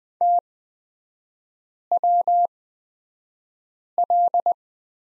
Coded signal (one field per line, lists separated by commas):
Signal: Morse code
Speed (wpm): 20 wpm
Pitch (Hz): 700 Hz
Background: none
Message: TWL